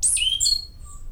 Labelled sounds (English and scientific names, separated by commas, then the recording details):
Stitchbird (Notiomystis cincta) song
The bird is a male
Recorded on Tiritiri Matangi Island, New Zealand, in 2005
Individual 22, of nest box 31